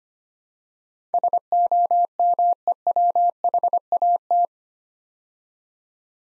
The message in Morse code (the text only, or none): SOMEWHAT